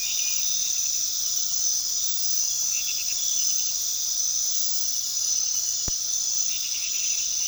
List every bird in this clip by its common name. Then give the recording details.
none. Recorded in pastures near Puerto Asís, Putumayo, Colombia, on 19 February 2024 at 01:00. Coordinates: 0.468, -76.328. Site G6414